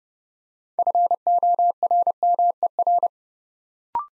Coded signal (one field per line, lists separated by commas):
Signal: Morse code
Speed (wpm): 30 wpm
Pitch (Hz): 700 Hz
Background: none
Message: FORMER